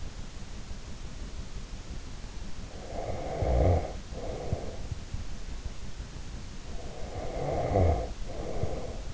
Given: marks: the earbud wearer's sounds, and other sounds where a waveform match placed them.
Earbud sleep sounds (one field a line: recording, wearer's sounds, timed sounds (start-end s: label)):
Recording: sounds in sleep by an in-ear microphone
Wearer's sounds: snoring breath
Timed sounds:
2.59-4.86 s: snoring breath
6.71-9.13 s: snoring breath